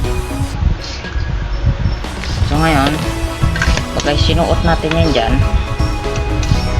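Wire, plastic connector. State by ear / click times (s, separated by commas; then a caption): not seated / none. A stripped electrical wire is being handled at a push-in wire connector terminal while someone talks over background music. Only short handling noises are heard, and nothing has seated or clicked yet.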